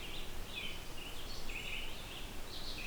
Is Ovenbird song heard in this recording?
no